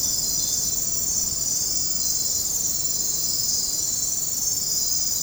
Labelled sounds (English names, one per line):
none